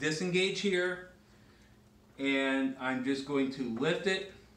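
Someone talks while lifting the frame of a Lexis Light folding mobility scooter to fold it, with a quiet pause between phrases. The fold latch has not clicked into place yet.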